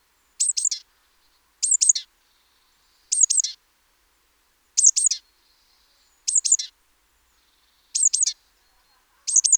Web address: SETE Parus major